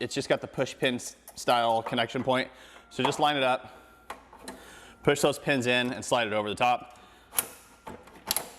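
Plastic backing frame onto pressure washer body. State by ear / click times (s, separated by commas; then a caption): seated / 7.4 s, 8.3 s, 8.4 s. The plastic backing frame of a Simpson Clean Machine electric pressure washer is lined up with its push-pin connection points, pushed onto the pins and slid over the top of the pressure washer body while someone talks. Sharp clicks at 7.4 s, 8.3 s and 8.4 s mark the backing piece snapping into place, fully seated.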